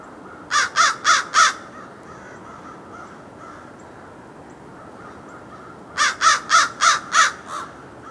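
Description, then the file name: American crow cawing in two bursts: four quick harsh caws, a pause of several seconds, then five more rapid caws. "Corvus brachyrhynchos - American Crow"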